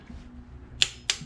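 A further ARP head stud nut on an engine block is tightened with a click-type torque wrench until the wrench clicks at its setting, showing the nut is done. Two sharp, bright clicks are heard at 0.8 s and 1.1 s over a low, steady background hum. The nut reaches its torque setting.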